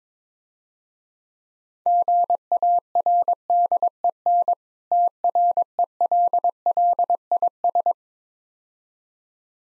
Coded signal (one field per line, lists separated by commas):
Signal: Morse code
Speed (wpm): 22 wpm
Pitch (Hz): 700 Hz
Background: none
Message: GARDEN TRELLIS